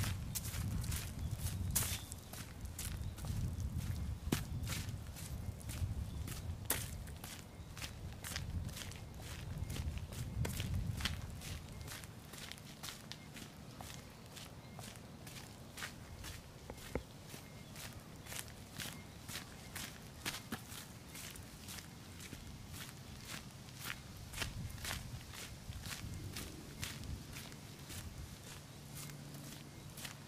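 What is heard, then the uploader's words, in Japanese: Footsteps on a summer mountain walk, a steady crunching tread at roughly two steps per second that keeps going for the whole stretch. A low, rough rumble sits underneath throughout, easing slightly midway, with a faint low hum appearing near the end. 環境音 夏山を歩く。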